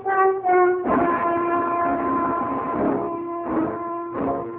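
A subway train runs with a steady low rumble under a sustained, harmonic metallic whine, opening with two short tonal bursts and swelling again in brief pulses near the end. No voices.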